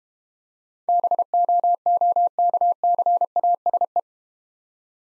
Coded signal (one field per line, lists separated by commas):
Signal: Morse code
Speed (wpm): 31 wpm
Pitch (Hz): 700 Hz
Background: none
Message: BOOKCASE